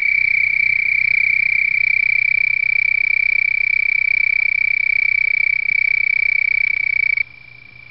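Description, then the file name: Houston toad giving a long, steady, high-pitched musical trill that lasts about seven seconds and stops abruptly, over a faint low background hum. "Houston Toad-David Cannatella"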